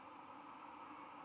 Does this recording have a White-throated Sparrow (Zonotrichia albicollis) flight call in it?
no